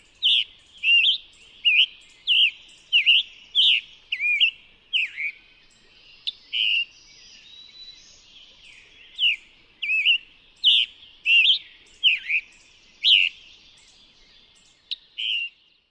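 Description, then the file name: Scarlet tanager song: hoarse, burry phrases given in quick runs, a short pause midway, then more slurred notes. Recorded in New York. "scarlet tanager NY"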